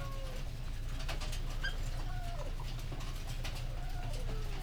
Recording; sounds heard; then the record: poultry house recording; sick chickens (respiratory disease)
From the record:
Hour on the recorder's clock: 19